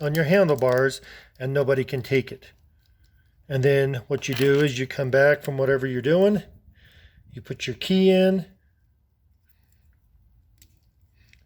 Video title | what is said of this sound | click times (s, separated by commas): CMG57 - F3, F3T, RT - Lamonster Helmet Lock Installation | you hear that click then you pull your key out now the pins out | 10.6 s, 11.3 s